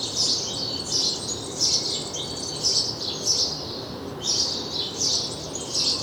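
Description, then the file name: House sparrow calls: sharp, high chirps repeated at an uneven pace, over steady background hiss. "Passer domesticus"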